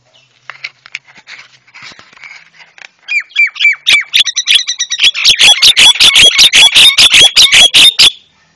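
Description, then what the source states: Javan myna song: sparse scratchy notes, then a loud, fast run of harsh chattering bursts mixed with ringing whistles, about two or three per second, building toward the end. Masteran for training cage birds; white-eyed form (mata putih).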